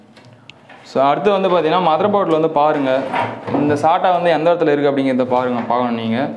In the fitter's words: லைட்டா ஏத்துனீங்க அப்படின்னா லாக் ஆயிடும் சோ